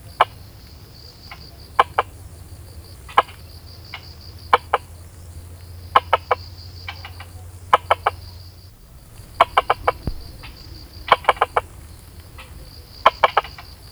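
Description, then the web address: Frog calling with quick, dry clicks in bursts of one to four, repeated irregularly throughout, with a constant high-pitched buzz and a low rumble underneath for the first part. "Frogs World"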